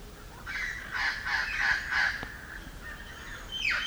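Red-crowned parrot calling with a run of several harsh, rasping squawks, a short pause, then one more falling screech.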